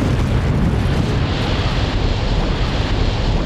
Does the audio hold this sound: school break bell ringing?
no